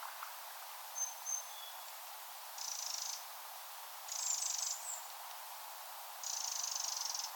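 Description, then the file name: Eurasian wren giving three short, dry, high ticking rattles spread throughout, with a couple of thin faint whistles early on and steady background hiss. "Troglodytes troglodytes"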